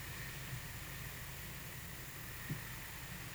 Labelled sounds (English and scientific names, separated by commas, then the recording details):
none
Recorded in pastures near Puerto Asís, Putumayo, Colombia, on 23 June 2025 at 13:00
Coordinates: 0.486, -76.323
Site H29